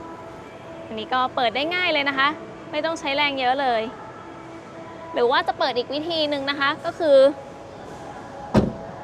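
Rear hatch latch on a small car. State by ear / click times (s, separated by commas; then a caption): released / 8.6 s. The rear hatch latch of a small Changan Lumin electric car is released by hand at the release point in the middle, above the license plate. Someone talks, then a sharp click is heard at 8.6 s as the latch releases and the hatch opens.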